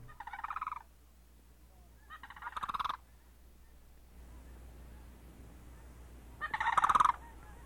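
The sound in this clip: Sandhill crane calling three times in rolling, trumpeting rattles, each under a second long and spaced one to a few seconds apart, over a low steady hum.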